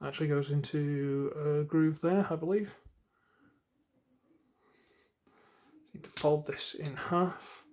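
A plastic panel tab on a Transformers Studio Series Leader Class Age of Extinction Optimus Prime action figure is handled, to be folded in half and round into a groove. Someone talks, then a pause with faint, quiet handling sounds and a small soft knock at 5.3 s before the talking resumes. Nothing has seated or clicked yet.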